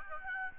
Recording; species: mosquito wingbeat signal from an infrared sensor; Aedes albopictus